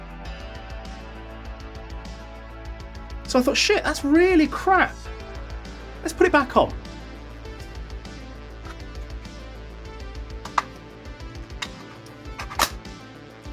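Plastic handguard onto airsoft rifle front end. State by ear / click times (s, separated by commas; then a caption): not seated / none. A plastic handguard is pressed and worked back onto the front end of an airsoft SD-style rifle while someone talks over steady background music. Short knocks and taps of the plastic are heard, the sharpest around 10.6 s and 12.6 s. The handguard does not snap in place properly, and nothing has clicked or seated.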